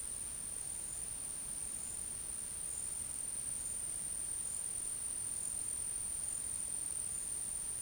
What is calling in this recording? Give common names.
none